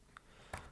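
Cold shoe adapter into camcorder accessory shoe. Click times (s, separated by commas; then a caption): 0.2 s, 0.5 s. A tight plastic cold shoe adapter is pushed into the accessory shoe of a Canon Legria HF-G25 (Vixia HF-G20) camcorder after a short struggle. A short, sharp click comes at 0.2 s, then a louder, fuller click at 0.5 s over a quiet background. The adapter slides home and seats in the shoe.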